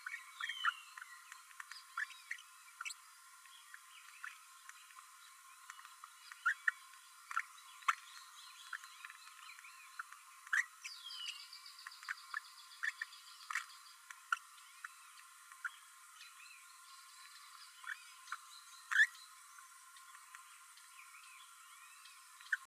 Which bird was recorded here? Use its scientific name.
Forpus passerinus